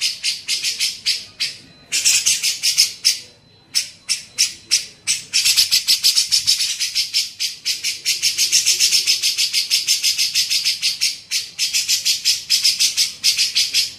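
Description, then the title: Grey-cheeked bulbul chattering harshly and almost continuously, quick scratchy notes with a few short breaks. Masteran recording used to train songbirds. "MASTERAN CUCAK JENGGOT"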